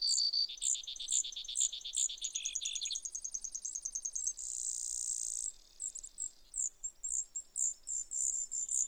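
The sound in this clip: Brewer's sparrow song: long high buzzy trills shifting in pitch and speed, a steady buzz near the middle, then rapid repeated chips to the end.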